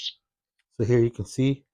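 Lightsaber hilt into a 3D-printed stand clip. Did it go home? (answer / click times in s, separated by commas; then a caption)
no / none. A lightsaber hilt is being pressed toward the snug clip of a 3D-printed plastic display stand, with a short hiss of handling noise at the start and a faint tick near 0.6 s. Someone then talks. The hilt has not seated or clicked into the clip yet.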